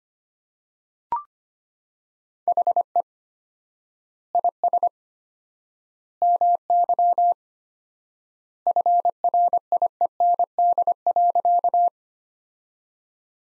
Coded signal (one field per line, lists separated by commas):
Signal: Morse code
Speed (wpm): 25 wpm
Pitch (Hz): 700 Hz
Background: none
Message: HE IS MY FRIEND.